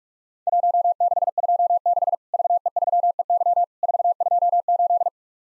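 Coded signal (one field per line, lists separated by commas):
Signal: Morse code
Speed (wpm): 44 wpm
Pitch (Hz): 700 Hz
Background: none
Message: 1626 VE3EY 428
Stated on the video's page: Worked All Europe DX Contest QTC exchange copying practice at 45 wpm, with simulated repeat requests; each exchange sent in Morse, then resent.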